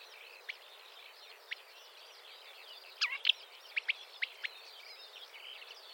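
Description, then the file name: Marsh warbler song: soft, hurried twittering with sharp louder chips clustered in the middle. "suara kicauan burung marsh warbler. omkicau"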